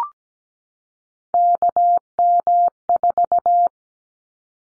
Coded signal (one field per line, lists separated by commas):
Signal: Morse code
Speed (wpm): 17 wpm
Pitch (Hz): 700 Hz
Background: none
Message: KM4